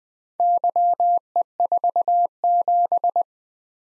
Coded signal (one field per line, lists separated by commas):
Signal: Morse code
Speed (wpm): 21 wpm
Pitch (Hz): 700 Hz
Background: none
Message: YE47